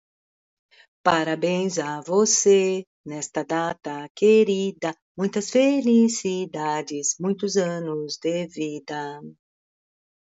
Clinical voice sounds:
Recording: short text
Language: Brazilian Portuguese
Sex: female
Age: 50 to 59 years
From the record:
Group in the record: control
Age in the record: 55 years

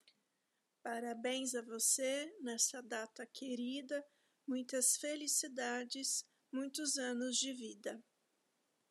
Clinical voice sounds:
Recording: short text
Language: Brazilian Portuguese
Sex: female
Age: 40 to 49 years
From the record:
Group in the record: control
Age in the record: 41 years

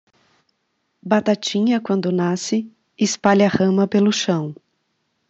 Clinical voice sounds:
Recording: short text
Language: Brazilian Portuguese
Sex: female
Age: 40 to 49 years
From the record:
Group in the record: control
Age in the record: 47 years

